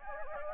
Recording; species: mosquito wingbeat signal from an infrared sensor; Anopheles gambiae